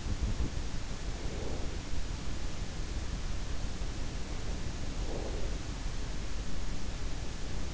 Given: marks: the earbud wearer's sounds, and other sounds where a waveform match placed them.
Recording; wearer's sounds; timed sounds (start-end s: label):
sounds in sleep by an in-ear microphone; breath
0.98-2.12 s: breath
4.79-5.87 s: breath